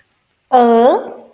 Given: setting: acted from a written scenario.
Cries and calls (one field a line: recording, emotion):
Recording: vocal sound without words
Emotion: confusion